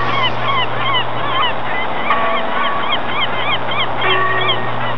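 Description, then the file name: Gulls calling constantly, many overlapping short downslurred cries repeated rapidly, over a steady low hum and broad rushing noise. "seagull"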